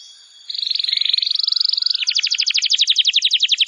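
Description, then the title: Bar-winged prinia song: a rapid buzzy trill, then a slower series of sharp chips, each part delivered at an even pace. "Ciblek Sawah"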